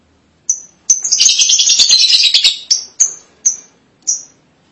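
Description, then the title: Lovebird chirps: one sharp squeak, then a dense burst of rapid shrill chatter, followed by a few separate piercing single notes. "BM Suara Burung Lovebird"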